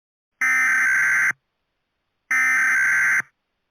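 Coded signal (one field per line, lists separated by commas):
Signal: Emergency Alert System (SAME) tones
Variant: header bursts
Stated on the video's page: Mock EAS scenario with simulated alert tones.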